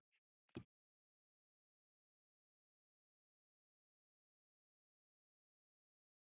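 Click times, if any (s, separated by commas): 0.6 s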